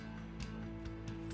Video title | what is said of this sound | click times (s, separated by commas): Changing Pads and Battery on the Physio-Control LIFEPAK CR2 AED - AED.US | insert til you hear it click | 0.4 s